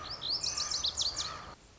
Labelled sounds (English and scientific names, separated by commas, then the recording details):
Lazuli Bunting (Passerina amoena)
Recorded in Sonoma County, California